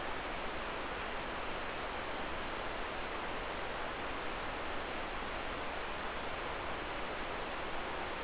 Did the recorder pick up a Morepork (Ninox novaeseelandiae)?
no